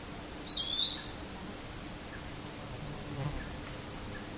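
Forest elaenia giving a sharp, high two-part call, the notes about a third of a second apart, over a steady high insect drone.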